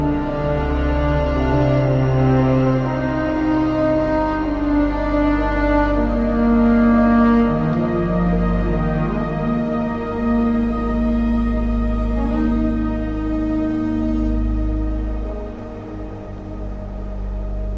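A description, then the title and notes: Soft ambient music in a snowy forest setting, with sustained low tones and slowly shifting chords, steady throughout and easing slightly near the end. Snowy Forest - Ambience and Ambient Music.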